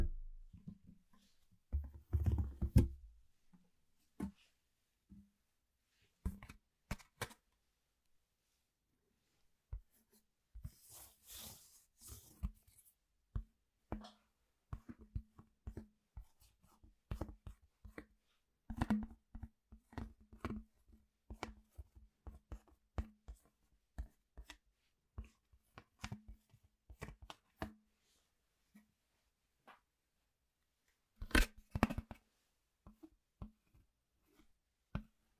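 Household objects being handled make sharp knocks, taps and clatters, scattered irregularly through the whole stretch with short pauses. Heavier thuds come early and near thirty-two seconds, and a brief bright rustling scrape appears around eleven seconds.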